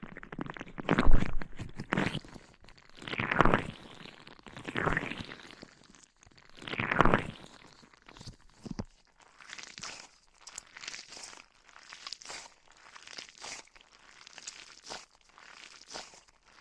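Scratching and brushing on a microphone, with slow, full strokes in the first half arriving about every one to two seconds as loud swells. After about nine seconds the strokes turn lighter, thinner and more rapid, a rhythmic scratchy brushing that continues steadily to the end.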